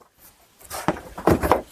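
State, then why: Not seated. A plastic front bumper cover is lined up on its side mounting brackets and pushed in on a Chrysler Town & Country / Dodge Caravan minivan. Handling noise builds after about 0.6 s, with several sharp plastic knocks near 0.9, 1.3 and 1.5 s. Nothing has seated or clicked yet.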